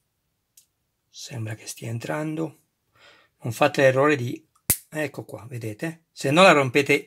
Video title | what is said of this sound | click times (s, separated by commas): Starsky & Hutch prima uscita della Ford gran Torino in scala 1:8 edizione Hachette prima parte di 2. | donc vous avez entendu un clic et | 0.6 s